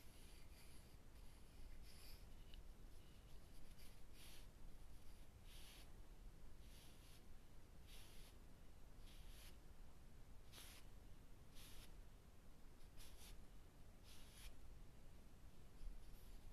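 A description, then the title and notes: Light tapping of a coaster on a surface, soft bright clicks recurring roughly every second over a steady low hiss. Coaster Tapping. This is a wooden coaster my boyfriend has made from old pallet wood.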